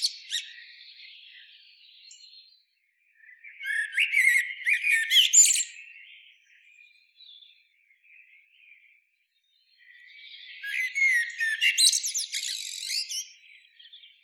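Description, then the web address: Common blackbird song, two separate phrases of fluty whistles ending in high twitters, with quieter stretches between them. "SETE data Turdus merula"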